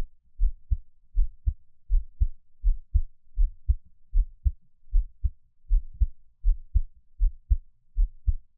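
A gentle, calm adult heartbeat heard up close, with soft low-pitched paired beats at about 79 beats per minute.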